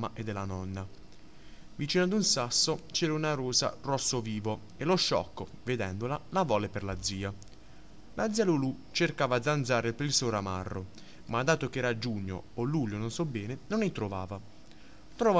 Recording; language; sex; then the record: read passage; Italian; male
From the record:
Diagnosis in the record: healthy control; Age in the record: 19 years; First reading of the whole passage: 43 s, 12.0 characters per second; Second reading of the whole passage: 41 s, 12.5 characters per second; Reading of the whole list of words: 37 s, 7.7 characters per second